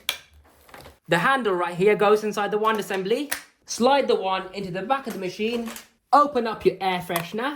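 The plastic hose attachment end is pushed into its socket on the back of a 2024 Shark PowerDetect Pet upright vacuum, and a sharp click at 0.1 s shows it seated. A few faint knocks follow near 0.7 s, then someone talks for the rest of the clip.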